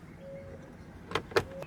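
After the Redarc trailer brake controller cable is fished behind the dash of a 2015 Escalade, a plastic dash trim panel is pressed back into the dashboard. Two sharp clicks ring out at 1.2 s and 1.4 s over quiet background noise, followed by a softer tap. The trim piece snaps and seats in place.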